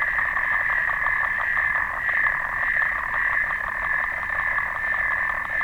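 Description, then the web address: Clawed frog giving fast metallic clicks, packed so closely they form a steady buzzy trill lasting the whole stretch. "sounds xenopus"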